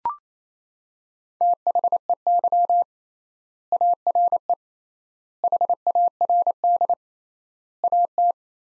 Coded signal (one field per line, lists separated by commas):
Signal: Morse code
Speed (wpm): 28 wpm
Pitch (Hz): 700 Hz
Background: none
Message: THEY ARE HARD AT